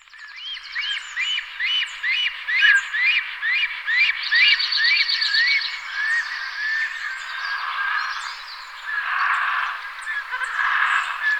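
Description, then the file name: Black stork calling in quick runs of hoarse rising-and-falling whistles, about two a second, joined by overlapping wheezing notes and a higher buzzy chatter. "Cap cerny Ciconia nigra"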